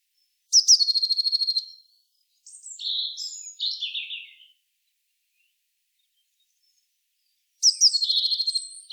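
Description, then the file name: Eurasian blue tit with two loud buzzy churrs several seconds apart, separated by softer scratchy descending calls. "Cyanistes caeruleus"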